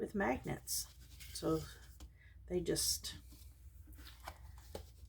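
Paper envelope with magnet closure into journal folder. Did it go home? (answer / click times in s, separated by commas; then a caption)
yes / 4.3 s. Someone talks while a paper envelope with a magnet closure is pressed into place in a handmade file-folder journal. The envelope snaps in with a short, sharp click at 4.3 s and is held there by the magnets.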